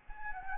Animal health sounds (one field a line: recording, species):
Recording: mosquito wingbeat signal from an infrared sensor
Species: Anopheles gambiae